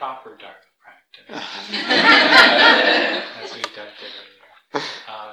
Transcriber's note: laughter